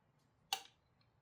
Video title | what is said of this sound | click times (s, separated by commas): Doing the 1000km Service Myself on the Triumph 400XC - First Wrenching Video in Years | and clicks into place. | 0.5 s